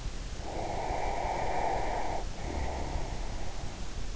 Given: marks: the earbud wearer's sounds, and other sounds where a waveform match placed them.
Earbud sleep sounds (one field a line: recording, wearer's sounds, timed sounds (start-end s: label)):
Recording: sounds in sleep by an in-ear microphone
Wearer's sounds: breath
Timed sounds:
0.40-3.48 s: breath